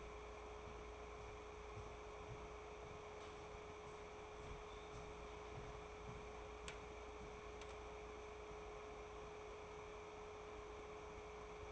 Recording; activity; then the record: daily activity, microphone in the room; walk to room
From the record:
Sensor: 1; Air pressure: 1010.5 hPa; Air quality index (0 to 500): 169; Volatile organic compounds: 12 ppm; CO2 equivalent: 2333 ppm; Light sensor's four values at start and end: 51/132/55/69 and 50/128/54/67